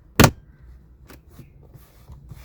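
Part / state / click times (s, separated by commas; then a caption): front console tray clips into console / seated / 0.2 s. A plastic front console tray in a Kia Sportage is pushed straight into the console during a USB port replacement. Its three clips snap into place with one sharp, loud click at 0.2 s. A few faint handling taps follow, and the tray is seated.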